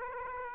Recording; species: mosquito wingbeat signal from an infrared sensor; Aedes aegypti